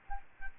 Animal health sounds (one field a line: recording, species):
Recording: mosquito wingbeat signal from an infrared sensor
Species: Aedes albopictus